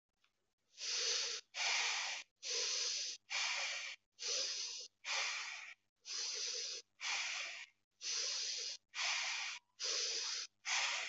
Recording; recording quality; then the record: shallow breathing; excellent, no background noise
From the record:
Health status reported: healthy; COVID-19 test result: not tested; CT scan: not taken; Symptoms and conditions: none ticked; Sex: male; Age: 22 years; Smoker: no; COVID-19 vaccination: none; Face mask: not worn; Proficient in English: yes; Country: India